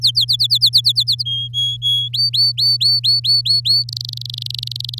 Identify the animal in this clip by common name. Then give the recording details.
Domestic Canary. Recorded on 9 May 2018 at 06:30. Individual llb16